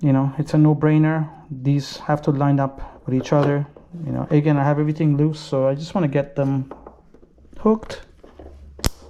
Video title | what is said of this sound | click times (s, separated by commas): How to install and pair Multimedia MIA Bluetooth on 2021 Aprilia Tuono V4 1100 | it's going to click into place as you can see it's clipped | 8.8 s